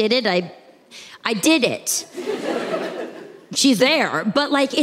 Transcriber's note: laughter